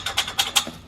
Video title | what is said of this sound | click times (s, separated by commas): Building A Paint Booth and prepping my Jensen hood for Paint | popping into place this should be easier than expected famous last words | 0.2 s, 0.6 s